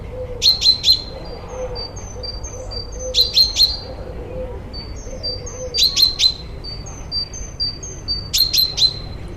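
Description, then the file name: Common chaffinch calls: sharp, metallic notes in quick bursts of three, repeated about every two and a half seconds, with faint thin whistles between and a low wavering hum beneath. "Fringilla coelebs"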